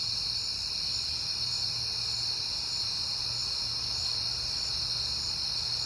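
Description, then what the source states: Crickets chirping in a dense, unbroken high chorus with several overlapping bands, over a faint low rumble. Crickets on a peaceful night in September.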